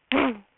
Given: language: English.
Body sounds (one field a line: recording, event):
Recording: throat vibration sensor signal played as sound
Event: throat clearing